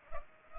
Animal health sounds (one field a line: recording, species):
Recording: mosquito wingbeat signal from an infrared sensor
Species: Culex pipiens